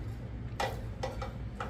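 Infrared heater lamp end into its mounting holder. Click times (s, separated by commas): 0.6 s, 1.6 s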